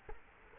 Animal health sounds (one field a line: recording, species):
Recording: mosquito wingbeat signal from an infrared sensor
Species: Culex quinquefasciatus